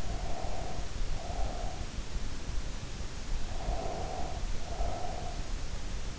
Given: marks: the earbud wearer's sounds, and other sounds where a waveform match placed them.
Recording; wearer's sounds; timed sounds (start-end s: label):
sounds in sleep by an in-ear microphone; breath
0.00-1.88 s: breath
3.44-5.56 s: breath